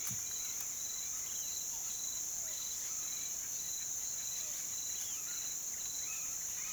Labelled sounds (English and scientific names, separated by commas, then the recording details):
none
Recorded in pastures near Puerto Asís, Putumayo, Colombia, on 19 June 2025 at 06:00
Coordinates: 0.487, -76.322
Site H26